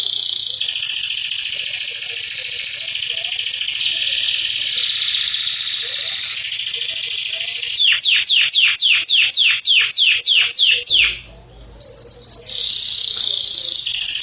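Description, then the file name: Canary song: extended high rolling trill, then a run of quick descending swept notes, a short pause, and the trill starting again. Yellow Belgian canary; song. "canto do canario belga amarelo"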